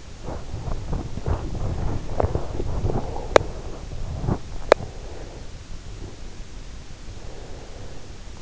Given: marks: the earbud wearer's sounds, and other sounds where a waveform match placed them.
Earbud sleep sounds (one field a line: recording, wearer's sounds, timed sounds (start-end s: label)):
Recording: sounds in sleep by an in-ear microphone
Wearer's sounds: body movement, breath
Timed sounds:
0.00-5.04 s: body movement
7.14-8.24 s: breath